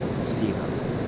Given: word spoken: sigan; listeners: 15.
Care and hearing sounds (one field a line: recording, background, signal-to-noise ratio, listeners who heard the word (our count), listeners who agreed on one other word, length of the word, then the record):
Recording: one Spanish word in noise, from a listening test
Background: speech-shaped noise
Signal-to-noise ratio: -4.9 dB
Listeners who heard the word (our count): 0 of 15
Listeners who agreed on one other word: 7 of 15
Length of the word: 0.68 s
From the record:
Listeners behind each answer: 7, 2, 2, 1, 1, 1, 1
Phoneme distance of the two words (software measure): 7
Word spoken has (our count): 2 syllables, 5 phonemes, stress on syllable 1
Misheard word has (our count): 2 syllables, 4 phonemes, stress on syllable 1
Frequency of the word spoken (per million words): 9.47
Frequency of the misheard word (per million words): 22.91